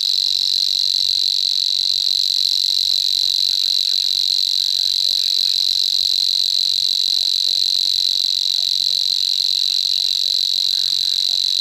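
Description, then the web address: Savi's warbler reeling song, a continuous, even, insect-like trill held steadily throughout. "agykontroll Madardalok Cd 3. Nádi tücsökmadár"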